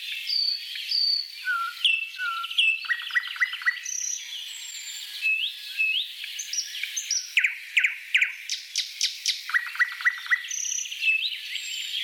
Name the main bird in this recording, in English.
Thrush Nightingale